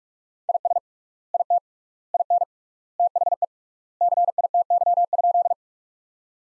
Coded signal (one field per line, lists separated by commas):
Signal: Morse code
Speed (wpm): 46 wpm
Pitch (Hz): 700 Hz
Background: none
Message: IS IT IN THE CITY?